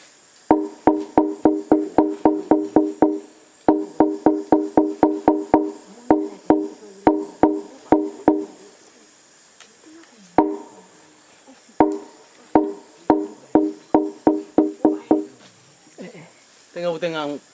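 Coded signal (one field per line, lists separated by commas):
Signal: drum signal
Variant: garamut slit gong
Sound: hollow wooden slit-gong strikes in rapid runs, then slower spaced beats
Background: brief vocal sound at end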